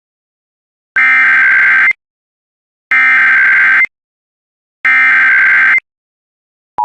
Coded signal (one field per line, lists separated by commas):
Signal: Emergency Alert System (SAME) tones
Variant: header bursts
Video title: Texas State Wide Amber Alert On WJON 3/7/25 #TXWX #EAS